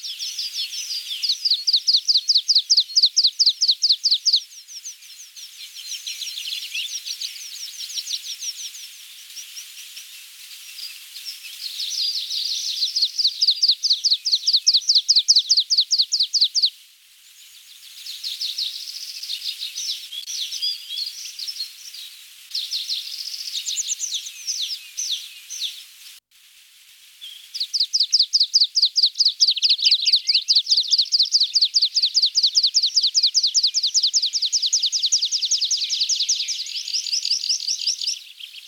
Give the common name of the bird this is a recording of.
Water Pipit